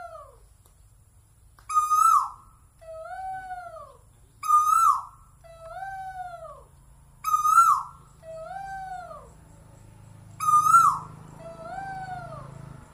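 Bird song: a loud harsh note alternating with two arched whistled notes, the pattern repeating about every three seconds, a faint hum behind.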